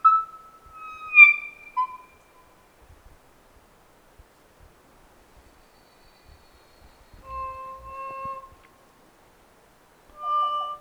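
Kokako: kōkako song: pure, deep organ-like whistles, a long steady note and falling slurs, a long quiet gap, then more sustained tones.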